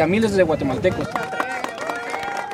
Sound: Speaking Spanish; applause

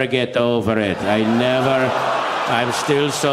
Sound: laughter

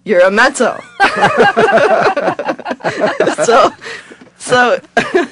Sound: soundbite of laughter

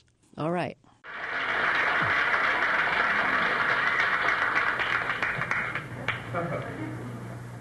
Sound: applause

